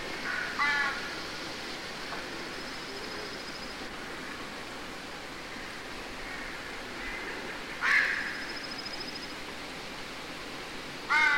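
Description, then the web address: Crow cawing in short harsh bursts near the start, then again after a long pause and at the very end, with soft rustling noise between. Recorded in woods at The Ridges Sanctuary, with leaves. "The Ridges Sanctuary woods birds crows leaves"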